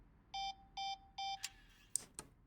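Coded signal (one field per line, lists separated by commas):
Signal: none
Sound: game beeps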